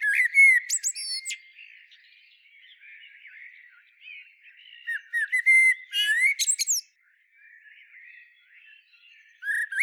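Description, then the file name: Eurasian blackbird song: loud fluty warbled phrases that end in squeaky high twitters, repeated about every five seconds, with a soft warbling sound between them. "Turdus merula"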